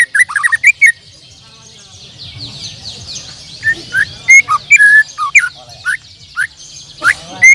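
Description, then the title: Bird song with quick chirps at the start, a softer warbled stretch, then loud whistled slurred notes rising and falling in a varied sequence. "Kicau Burung"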